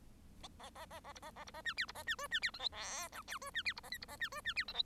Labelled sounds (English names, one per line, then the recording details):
Bengalese Finch song
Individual Bird1